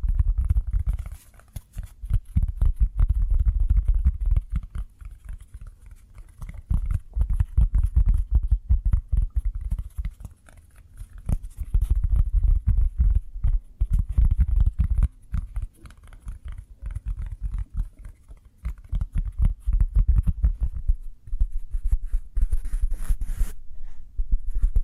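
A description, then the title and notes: Cork triggers: dense, rapid tapping and scratching on cork, mostly low and thudding with crisp clicks on top. The patter runs in bursts of a few seconds, easing briefly around 3, 10, 17 and 21 seconds before picking back up. ASMR Cork Triggers. (No Talking).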